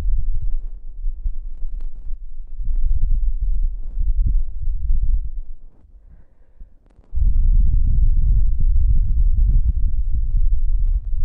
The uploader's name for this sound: Caressing breath sounds, breath next to ears